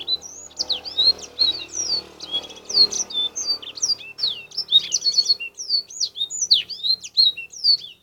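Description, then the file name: Black-throated canary song, rapid high twitters and looping whistled sweeps pouring out nonstop, over a soft low rumbling background noise. Black-throated canary song used as fill-in training material for canaries. "kenari isian blackthroat"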